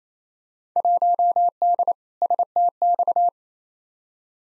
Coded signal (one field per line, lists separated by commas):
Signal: Morse code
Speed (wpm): 28 wpm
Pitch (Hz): 700 Hz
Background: none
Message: 1D STX